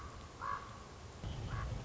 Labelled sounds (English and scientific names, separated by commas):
Common Raven (Corvus corax)